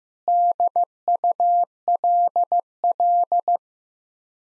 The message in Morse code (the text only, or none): DULL